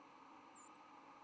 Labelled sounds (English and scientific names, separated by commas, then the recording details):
White-throated Sparrow (Zonotrichia albicollis) flight call
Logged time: 04:35 on 10 November 2014